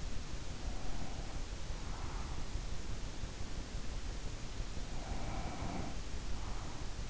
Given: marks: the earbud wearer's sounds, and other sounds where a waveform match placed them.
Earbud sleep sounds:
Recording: sounds in sleep by an in-ear microphone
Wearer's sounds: breath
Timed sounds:
0.48-2.54 s: breath
4.85-6.88 s: breath

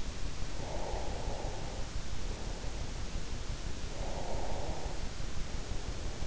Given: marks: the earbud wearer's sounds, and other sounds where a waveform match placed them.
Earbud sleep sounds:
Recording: sounds in sleep by an in-ear microphone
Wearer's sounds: breath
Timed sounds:
0.61-2.94 s: breath
3.78-5.51 s: breath

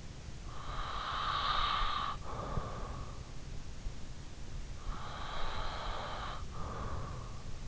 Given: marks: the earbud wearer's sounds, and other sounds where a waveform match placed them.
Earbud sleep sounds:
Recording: sounds in sleep by an in-ear microphone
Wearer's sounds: breath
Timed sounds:
0.37-3.80 s: breath
4.71-7.68 s: breath

